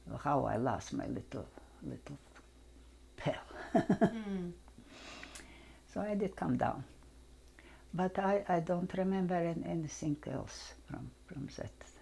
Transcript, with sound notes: how I lost my little, little pal. (she laughs) So I did calm down. But I don't remember anything else from that war.